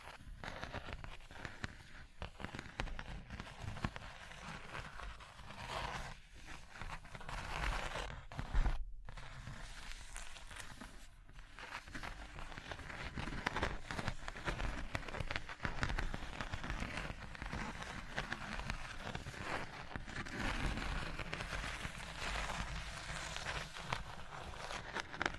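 Dense, continuous tapping and scratching on a surface, crackly and bright, with a brief pause near nine seconds and steady loudness throughout.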